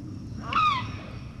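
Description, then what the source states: Eurasian lynx giving one short, harmonic, slightly descending mewing call against a low background rumble. A single lynx recorded while hunting.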